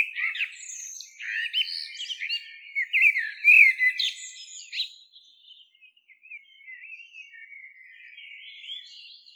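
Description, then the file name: Common blackbird song: varied warbled and whistled phrases, loudest in the first five seconds, then a softer, thin twittering continuation. "Turdus merula"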